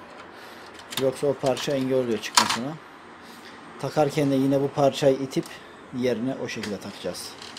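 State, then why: Not seated. A transfer belt unit is being handled for refitting into a Canon MF635cx color laser printer while someone talks over faint background noise. Nothing has seated or clicked yet, and the part is not yet home.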